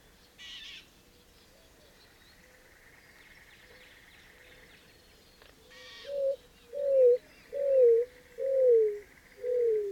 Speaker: it's not a dove. It's the mournful song of a greater roadrunner, sounding off from a patch of mesquite and creosote bushes.